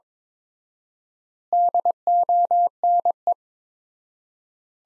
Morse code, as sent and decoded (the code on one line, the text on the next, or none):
-.. --- -. .
DONE